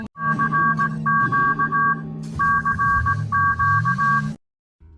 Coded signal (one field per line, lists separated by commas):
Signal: Morse code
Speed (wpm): 18 wpm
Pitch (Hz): 1130 Hz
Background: none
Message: FQ CQ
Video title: Finnish EAS Alarm Effects [Inspired by Preview 2 Effects]